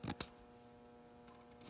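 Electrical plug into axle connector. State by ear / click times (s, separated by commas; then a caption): not seated / none. An electrical plug is handled and pushed toward a connector on the front axle of a Dana 44 build, with two sharp handling knocks near 0.1 and 0.2 seconds followed by a steady hum and faint rustling. The clip ends just before the plug goes home, and nothing has seated or clicked yet.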